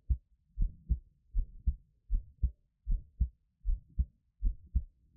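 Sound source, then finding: Heart, close microphone. Normal heartbeat.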